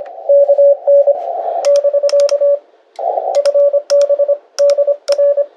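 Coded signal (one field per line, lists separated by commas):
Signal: Morse code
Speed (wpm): 24 wpm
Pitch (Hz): 570 Hz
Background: none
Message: KN <BK> FB DR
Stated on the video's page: Short basic information exchange between a Polish and a Dutch station at 26 WPM on 7 MHz.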